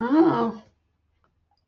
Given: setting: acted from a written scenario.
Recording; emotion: vocal sound without words; confusion